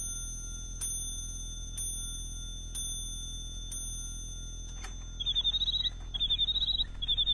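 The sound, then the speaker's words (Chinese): A mechanical bird-song clock strikes four evenly spaced bright chimes, then breaks into rapid, high-pitched warbling chirps in short repeated bursts over a faint steady hum. “你替我把这座鸟鸣钟送给詹天佑，这是太后赏给我的”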